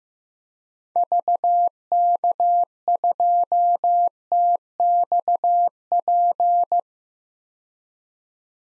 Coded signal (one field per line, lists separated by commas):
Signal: Morse code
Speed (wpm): 15 wpm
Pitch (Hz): 700 Hz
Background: none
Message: VK2TXP